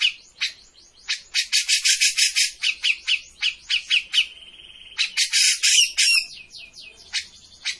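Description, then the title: Grey-cheeked bulbul song, a busy run of harsh chattering notes with a short steady whistle partway through. Bird-training master recording (masteran) of a cucak jenggot in full song (gacor). "Cucak Jenggot Gacor. Masteran burung cucak jenggot ! Suaka burung"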